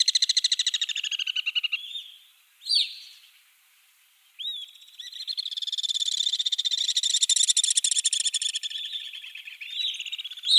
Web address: Schulze Peter Alpine Swift